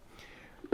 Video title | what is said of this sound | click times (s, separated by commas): Arc Flash & Industrial Face Shields Compatible w/ Fibre-Metal® Safety Helmets | this attaches here snaps into place | 0.7 s